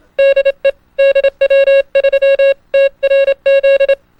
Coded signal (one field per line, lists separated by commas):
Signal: Morse code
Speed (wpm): 28 wpm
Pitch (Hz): 550 Hz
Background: music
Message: DE DW3TRZ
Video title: QUICK AND EASY TO LEARN NUMBERS IN MORSE CODE : IT IS ALL IN THE RHYTHM